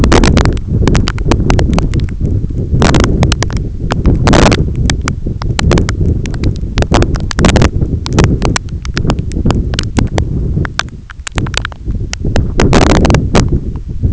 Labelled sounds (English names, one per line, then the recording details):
none
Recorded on Arctic tundra, site EABA-1, on 21 June 2018
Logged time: 16:00